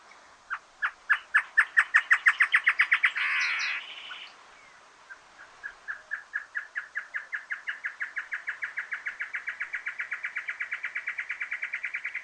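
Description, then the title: Great antshrike with a quickening run of hollow notes capped by a rough snarl, then after a short pause another long accelerating series of even notes continues to the end. Nominate subspecies Taraba major major. "LuckyPassaro Completos2Sama. Great Antshrike"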